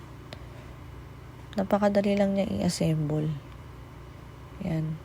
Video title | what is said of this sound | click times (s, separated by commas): 𝙲𝚊𝚗𝚘𝚗 𝙴𝙾𝚂 𝚁50 𝚏𝚕𝚒𝚙 𝚌𝚊𝚖𝚎𝚛𝚊 (𝙳𝚂𝙻𝚁) 📷 | Ikot lang hanggang mag-lock siya. Ganun. | 0.3 s